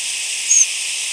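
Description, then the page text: Harris's sparrow flight call: a single very high, thin, level note lasting a fraction of a second over constant hiss. Diurnal flight calls of perched birds, Oklahoma, October 28, 1995. "Harris's Sparrow diurnal flight calls Fig.2. Kansas November 22, 2000 (WRE)"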